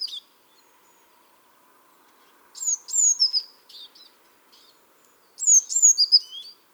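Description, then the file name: Eurasian blue tit calls: high thin notes followed by short descending slurred notes, given in a few bursts separated by silence. "Cyanistes caeruleus"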